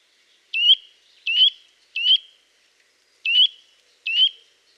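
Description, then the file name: Eurasian nuthatch calling with five clear upslurred notes, spaced about three-quarters of a second apart, with one longer gap midway. "Sitta europaea"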